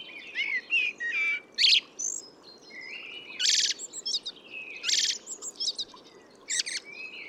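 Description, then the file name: Eurasian blackbird song of low fluty notes and harsh high twittering bursts, repeated in a rambling sequence over a soft continuous hiss. "Turdus merula"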